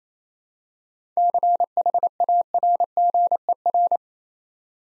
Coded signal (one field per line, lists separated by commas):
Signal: Morse code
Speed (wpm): 29 wpm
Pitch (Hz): 700 Hz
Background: none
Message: CHARGER